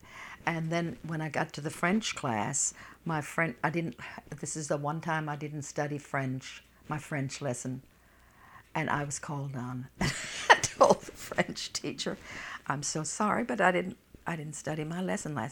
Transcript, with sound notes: And then when I got to the French class, my French, I didn't, this is the one time I didn't study French, my French lesson. And I was called on. ( she laughs ) I told the French teacher, "I'm so sorry, but I didn't study my lesson last night."